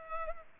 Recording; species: mosquito wingbeat signal from an infrared sensor; Culex pipiens